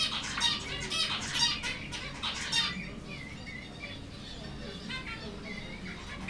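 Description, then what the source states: Busy zebra finch calling at the start, overlapping nasal trumpet notes, then fading to sparse soft beeps over hiss. Finches at Jászberény Zoo in 2015.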